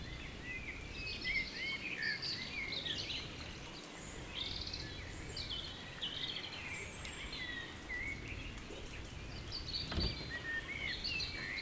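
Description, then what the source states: Birds singing in an evening chorus, several overlapping chirps and whistled phrases throughout, with a steady low background hum. Evening village birds in Tregastel bourg, Pleumeur-Bodou, France; around 8 pm, humid weather, April 2019; recorded with MKH 8040 ORTF pair, Rycote, Zoom H5.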